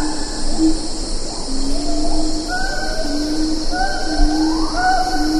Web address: siamang